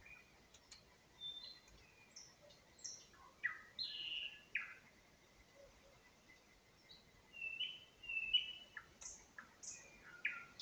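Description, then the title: Nightingale song of varied short whistles and sharp down-slurred notes, delivered in uneven bursts with brief pauses throughout. Singing in spring near Huncha, Vinnytsia Oblast, Ukraine. "Unnamed Road, Гунча, Вінницька область, Україна, 23724-Spring, nightingale singing"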